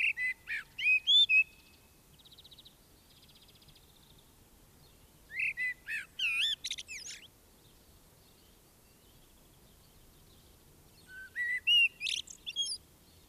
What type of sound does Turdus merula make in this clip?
song